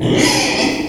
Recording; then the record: squeal of a Yucatan mini pig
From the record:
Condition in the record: before surgery on the right vocal fold (resection and tissue-engineered implant); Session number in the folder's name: 2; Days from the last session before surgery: 0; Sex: male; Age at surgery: 12 weeks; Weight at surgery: 13 kg